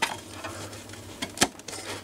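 A side cover plate with an industrial hook-and-loop fastener is pushed down hard onto its bracket, and the velcro engages with a crunchy snap at 0.0 s, seating the plate. Scattered rustling and a sharp crackle near 1.4 s follow over a low hum, with no talk in the clip.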